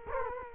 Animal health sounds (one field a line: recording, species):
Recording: mosquito wingbeat signal from an infrared sensor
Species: Culex quinquefasciatus